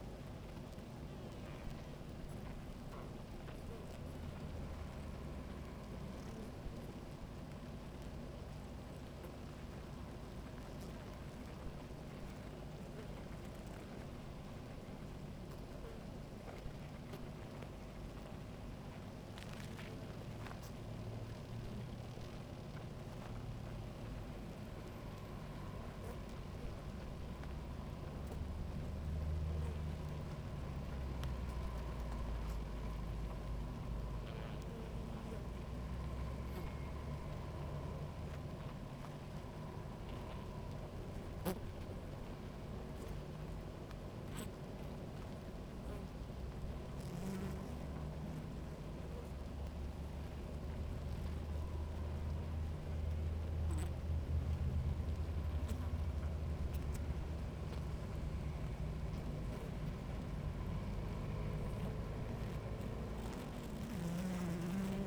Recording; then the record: honeybee colony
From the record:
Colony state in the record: active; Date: 28 July 2017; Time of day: 17:10